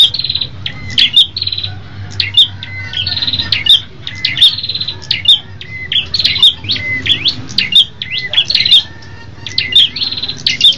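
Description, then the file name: Tailorbird song: sharp, squeaky chirps and short buzzy rattles repeated many times, with a faint low hum behind. Red-headed type; several birds singing together as a group. "audio prenjak kepala merah ombyokan omkicau"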